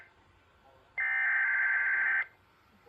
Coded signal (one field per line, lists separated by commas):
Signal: Emergency Alert System (SAME) tones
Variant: header bursts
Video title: Tropical Storm Warnings (EAS 2265-2270)